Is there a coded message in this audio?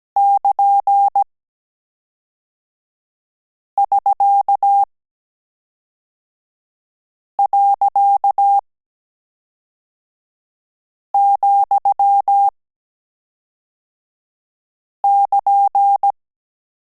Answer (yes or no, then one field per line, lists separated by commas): yes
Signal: Morse code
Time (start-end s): 0.2-16.1 s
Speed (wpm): 17 wpm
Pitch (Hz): 800 Hz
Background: none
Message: <KN><SK>.,<KN>